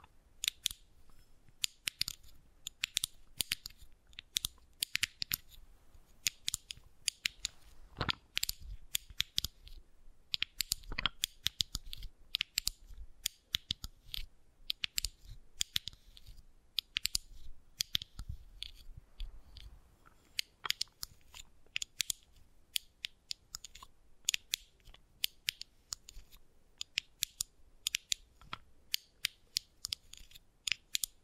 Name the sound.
Wooden Ball Triggers